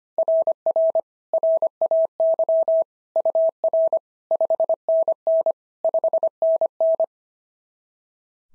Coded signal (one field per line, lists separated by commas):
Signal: Morse code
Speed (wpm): 22 wpm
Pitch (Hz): 650 Hz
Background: none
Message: RR RAY UR 5NN 5NN